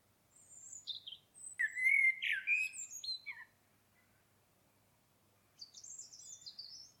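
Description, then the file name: Common blackbird: squeaky high notes, then a loud burst of lower warbled notes around two seconds, and a later thin high twitter; quiet background. "Turdus merula"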